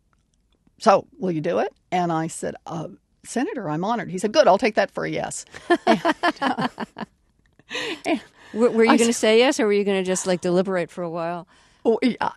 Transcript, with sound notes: so, will you do it? And I said, Senator, I'm honored. And he said, good, I'll take that for a yes.
(Soundbite of laughter)
Were you going to say yes or were you going to just, like, deliberate for a while?